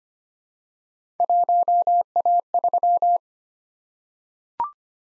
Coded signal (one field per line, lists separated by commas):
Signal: Morse code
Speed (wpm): 25 wpm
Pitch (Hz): 700 Hz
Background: none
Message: 1A3